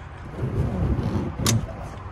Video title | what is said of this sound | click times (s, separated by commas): Malibu 23MXZ - N4777 | you heard that click this is on a ratchet so now it's not going to fall | 1.5 s